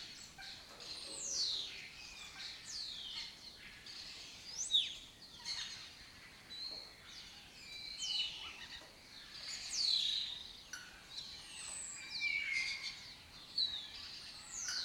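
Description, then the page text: Lesser kestrel calls, a busy stream of slurred, downward-sweeping notes, varying in loudness throughout. Breeding colony in an abandoned building complex in Doñana, southern Europe; migratory species that forages in West Africa and breeds in southern Europe. "Lesser Kestrels Took Over an Abandoned Building. A migratory raptor wich spends its foraging time in West Africa and breeds in southern Europe. Here in Doñana"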